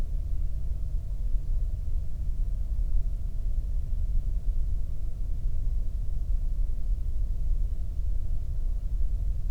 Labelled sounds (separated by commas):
near silence